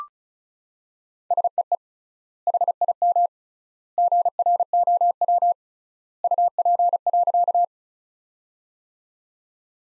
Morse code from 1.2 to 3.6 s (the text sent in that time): SEE HIM